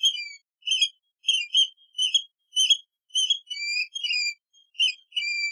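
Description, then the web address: Seabird uttering a steady series of piercing, high yelping notes, some dropping in pitch, roughly two each second without a break. "soundlibrary Animals Birds Sea Bird Isolated"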